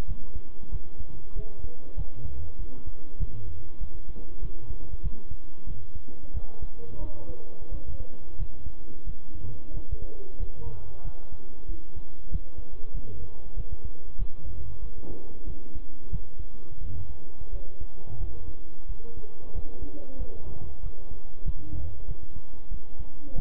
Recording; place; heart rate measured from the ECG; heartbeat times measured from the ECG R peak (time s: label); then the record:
heart sounds by stethoscope; between the tricuspid and mitral areas; 93 bpm
0.08 s: heartbeat
0.72 s: heartbeat
1.36 s: heartbeat
1.97 s: heartbeat
2.59 s: heartbeat
3.19 s: heartbeat
3.81 s: heartbeat
4.42 s: heartbeat
5.03 s: heartbeat
5.67 s: heartbeat
6.34 s: heartbeat
7.01 s: heartbeat
7.72 s: heartbeat
8.39 s: heartbeat
9.07 s: heartbeat
9.74 s: heartbeat
10.40 s: heartbeat
11.05 s: heartbeat
11.69 s: heartbeat
12.32 s: heartbeat
12.94 s: heartbeat
13.57 s: heartbeat
14.19 s: heartbeat
14.82 s: heartbeat
15.47 s: heartbeat
16.12 s: heartbeat
16.81 s: heartbeat
17.53 s: heartbeat
18.20 s: heartbeat
18.89 s: heartbeat
19.55 s: heartbeat
20.19 s: heartbeat
20.83 s: heartbeat
21.46 s: heartbeat
22.08 s: heartbeat
22.71 s: heartbeat
23.35 s: heartbeat
From the record:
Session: bicycle stress test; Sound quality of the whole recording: good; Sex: male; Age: 23 years